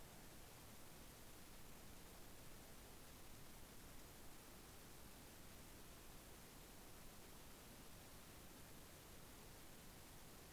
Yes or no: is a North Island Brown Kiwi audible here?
no